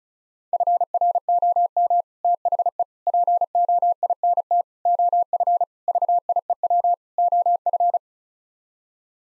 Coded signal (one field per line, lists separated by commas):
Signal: Morse code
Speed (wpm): 34 wpm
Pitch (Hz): 700 Hz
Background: none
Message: FROM THE POINT OF VIEW OF